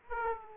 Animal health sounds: mosquito wingbeat signal from an infrared sensor; Aedes aegypti

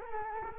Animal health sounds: mosquito wingbeat signal from an infrared sensor; Culex quinquefasciatus

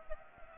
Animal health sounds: mosquito wingbeat signal from an infrared sensor; Anopheles arabiensis

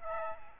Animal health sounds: mosquito wingbeat signal from an infrared sensor; Aedes aegypti

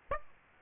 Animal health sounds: mosquito wingbeat signal from an infrared sensor; Aedes aegypti

